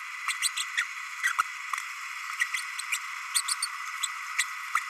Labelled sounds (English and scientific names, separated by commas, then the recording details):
Green-rumped Parrotlet (Forpus passerinus) babbling
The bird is a male
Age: 30 days
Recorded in a nest box in Venezuela
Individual 17B32A6